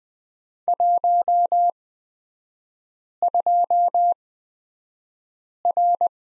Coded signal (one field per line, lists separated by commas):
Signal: Morse code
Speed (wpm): 20 wpm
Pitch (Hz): 700 Hz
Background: none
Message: 12R